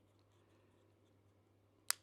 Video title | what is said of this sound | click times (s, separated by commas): Tracking Down Stolen Tools /cars with AirTags | three that's what clicked in place | 1.9 s